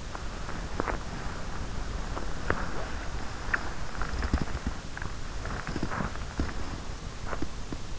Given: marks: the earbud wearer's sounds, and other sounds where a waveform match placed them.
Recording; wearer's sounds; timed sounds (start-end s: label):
sounds in sleep by an in-ear microphone; body movement
0.65-7.78 s: body movement